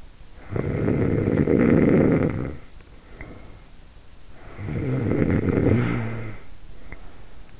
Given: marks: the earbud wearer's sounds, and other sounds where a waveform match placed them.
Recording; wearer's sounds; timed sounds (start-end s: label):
sounds in sleep by an in-ear microphone; snoring breath
0.34-3.60 s: snoring breath
4.17-7.60 s: snoring breath